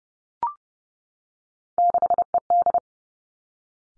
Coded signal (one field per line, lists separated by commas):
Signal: Morse code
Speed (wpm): 30 wpm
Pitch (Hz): 700 Hz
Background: none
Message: 6ED